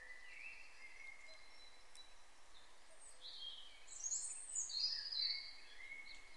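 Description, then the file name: European robin singing a faint, high twittering phrase midway through, over a steady background hiss. "Erithacus rubecula"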